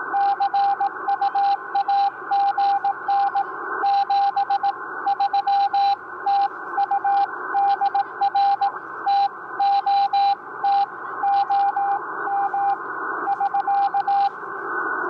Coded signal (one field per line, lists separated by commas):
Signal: Morse code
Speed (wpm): 18 wpm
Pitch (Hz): 800 Hz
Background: radio noise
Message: CU AGN 73 TU DR TOTOM <SK>